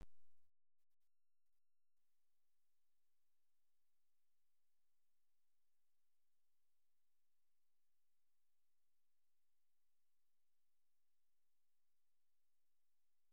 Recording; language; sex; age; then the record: spoken sentence; Brazilian Portuguese; female; 50 to 59 years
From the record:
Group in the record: control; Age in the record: 52 years